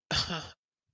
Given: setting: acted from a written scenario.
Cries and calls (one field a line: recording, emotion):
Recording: vocal sound without words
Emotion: guilt